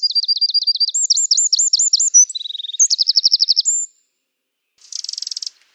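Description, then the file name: Eurasian wren song: a brisk, high-pitched run of repeated trilled notes shifting through several pitches for about four seconds, then a short buzzy rattle after a pause. "Troglodyte"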